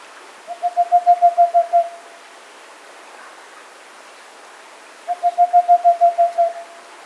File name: Whiskered Screech Owl Megascops trichopsis